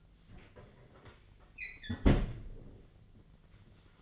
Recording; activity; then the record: daily activity, microphone in the room; close fridge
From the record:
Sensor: 4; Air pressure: 1010.6 hPa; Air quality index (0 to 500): 176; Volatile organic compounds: 5 ppm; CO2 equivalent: 1783 ppm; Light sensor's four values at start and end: 28/85/33/34 and 34/101/40/40